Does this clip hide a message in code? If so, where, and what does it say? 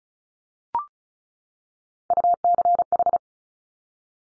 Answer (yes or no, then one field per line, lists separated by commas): yes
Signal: Morse code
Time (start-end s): 2.1-3.2 s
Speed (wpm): 36 wpm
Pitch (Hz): 700 Hz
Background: none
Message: UCH